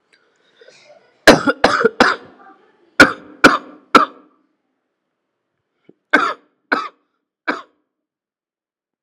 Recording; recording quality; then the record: shallow voluntary cough; excellent, no background noise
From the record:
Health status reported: healthy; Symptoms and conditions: cough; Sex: male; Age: 40 years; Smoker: not ticked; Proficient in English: yes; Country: India